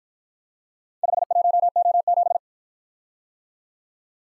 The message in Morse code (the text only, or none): 51O7